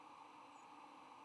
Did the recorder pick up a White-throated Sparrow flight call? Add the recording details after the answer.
no. Another species' flight call is heard. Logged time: 06:51 on 9 November 2014